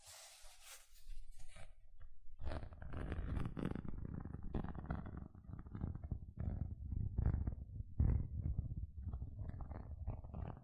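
Gentle scratching begins after a brief soft hiss, then continues as dense, irregular rubbing strokes with a low rumbling, uneven texture.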